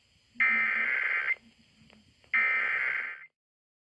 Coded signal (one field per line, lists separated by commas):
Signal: Emergency Alert System (SAME) tones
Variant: header bursts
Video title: May 2, 2018 EAS weather alerts (EAS #604-609)